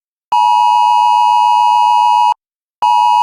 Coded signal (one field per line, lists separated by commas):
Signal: Emergency Alert System (SAME) tones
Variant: 853 and 960 Hz attention tone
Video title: The very first UK emergency Alert! (Read Desc) (Warning: Loud Noises) #emergencyalert #uk.